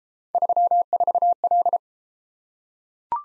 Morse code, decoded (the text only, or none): 34L